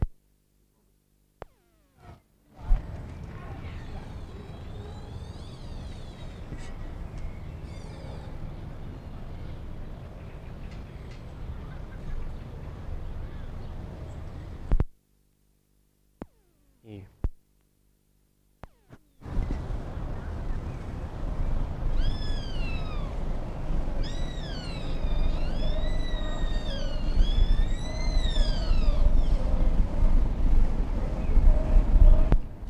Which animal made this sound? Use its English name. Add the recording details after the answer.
Sika Deer. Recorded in captivity. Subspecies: hortulorum. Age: adult. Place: Zoo Berlin, Berlin, DE. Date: 1959-06-12 17:30. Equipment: Reporter (Vollspur). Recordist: Tembrock, Günter